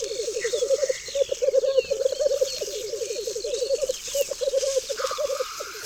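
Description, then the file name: Black grouse pouring out low, gurgling bubbling phrases with brief gaps, over a chorus of songbirds and a few thin whistles. "Cietrzew"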